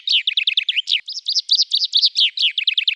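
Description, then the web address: Common chaffinch: a fast run of short, bright chirping notes, broken by a brief gap near the one-second mark; no other sounds. "Fringilla coelebs"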